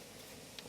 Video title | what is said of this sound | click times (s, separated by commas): How to Replace Upper Control Arm with Ball Joint 2005-2010 Dodge Dakota | press it in listen for a click give it a tug to make sure it's secure | 0.6 s